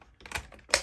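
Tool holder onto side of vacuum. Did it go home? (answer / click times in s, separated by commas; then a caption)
yes / 0.7 s. A turbine head tool holder for a Dyson Ball Animal UP32 vacuum is snapped onto the side of the vacuum. A few soft ticks and rustles lead into one sharp plastic click at 0.7 seconds, and the holder is seated.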